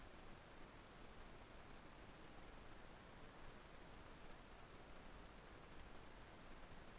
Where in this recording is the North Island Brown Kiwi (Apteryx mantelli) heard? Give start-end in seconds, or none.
none